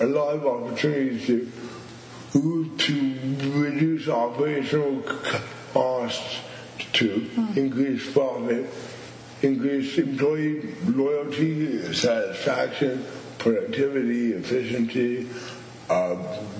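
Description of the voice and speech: A man who stutters and also has cerebral palsy lists business benefits in a steady narrating voice, with a stretched, held-out 'to' before several phrases, a pause of about a second, and lengthened vowels mid-word. These prolongations and hesitations are typical of stuttering, though the speech is otherwise fairly fluent.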